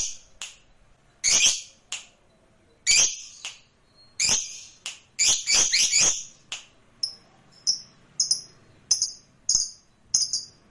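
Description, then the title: Lovebird series of shrill, high chirps, some clustered in quick runs, later settling into evenly spaced short squeaks. Lovebird sound played to stimulate other lovebirds. "Suara Lovebird"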